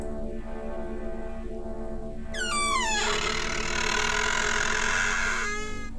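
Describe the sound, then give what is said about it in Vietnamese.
A door creaks open with a long, wavering squeal that slides downward in pitch, then gives way to a loud, sustained grinding creak over a low steady hum. “Mà cứ hễ nghe cái tiếng kẹt cửa là nó rùng cả mình.”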